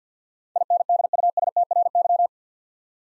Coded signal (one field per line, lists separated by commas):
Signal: Morse code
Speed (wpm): 53 wpm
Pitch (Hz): 700 Hz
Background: none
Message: INDUSTRY